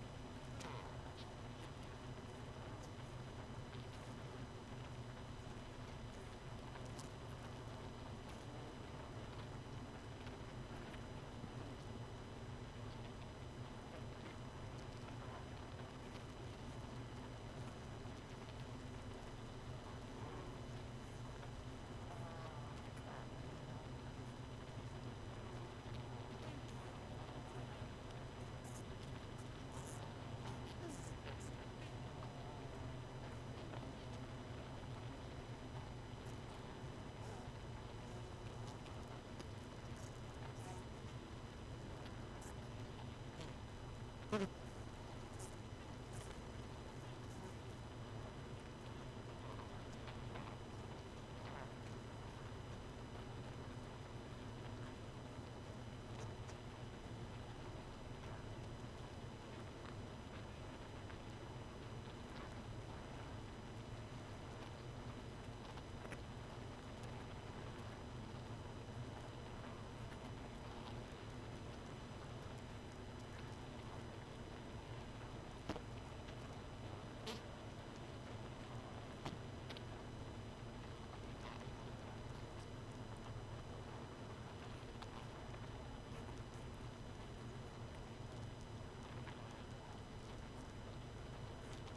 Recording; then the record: honeybee colony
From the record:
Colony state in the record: missing queen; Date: 31 May 2018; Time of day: 1:43